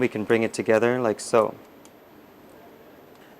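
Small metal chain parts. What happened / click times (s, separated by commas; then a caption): Chain ends brought together with the link left unclosed; no seating click / none. Someone talks while the two ends of a bicycle chain are brought together with a steel quick link (missing link) and lined up, left unclosed because it will be closed with pliers. Only a faint tick is heard around 1.9 s in the quiet after the talking, and nothing has seated or clicked yet.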